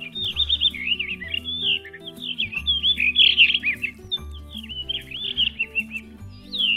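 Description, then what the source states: Blue Rock Thrush song: fluty, melodious warbled phrases that twist up and down, given in short bursts. Fluty, very melodious song with a descending tone; often heard before the bird is seen, sung in acrobatic flight or from a rock perch.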